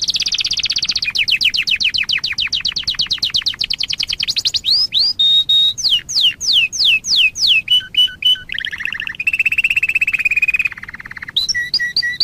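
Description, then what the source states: Domestic canary song opening with a fast rolling trill, then looping falling whistles, short repeated chips and buzzy trills in quick succession. Song of a domestic canary combined with nightingale song.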